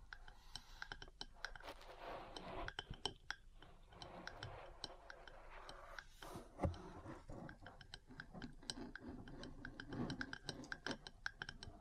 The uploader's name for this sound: Metal Parts Tapping & Scratching